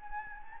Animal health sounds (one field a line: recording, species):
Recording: mosquito wingbeat signal from an infrared sensor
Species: Anopheles gambiae